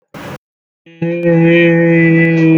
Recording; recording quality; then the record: sustained vowel as in made; excellent, no background noise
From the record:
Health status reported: healthy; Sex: male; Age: 22 years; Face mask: not worn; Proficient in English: yes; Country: India